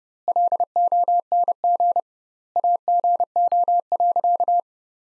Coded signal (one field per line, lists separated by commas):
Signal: Morse code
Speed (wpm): 30 wpm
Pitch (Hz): 700 Hz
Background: none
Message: LONG AGO.